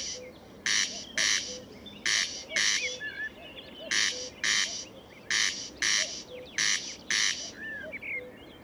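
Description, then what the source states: Corn crake rasping call, harsh double 'crex-crex' bursts repeated in pairs, with soft whistled notes of other birds underneath. Murnauer Moos, Germany, 29 May 2014.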